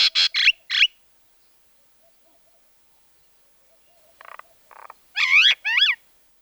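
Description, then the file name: Common myna calling with harsh rasping notes, a quiet spell, soft buzzy notes, then two loud arched whistles. "mayna-golos onbird ru"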